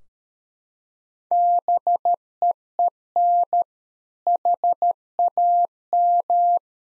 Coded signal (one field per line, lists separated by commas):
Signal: Morse code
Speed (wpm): 13 wpm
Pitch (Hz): 700 Hz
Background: none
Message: BEEN HAM